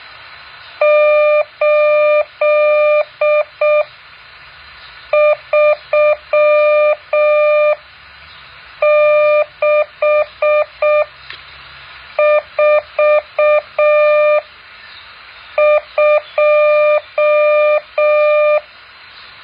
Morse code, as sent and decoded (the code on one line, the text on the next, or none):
---.. ...-- -.... ....- ..---
83642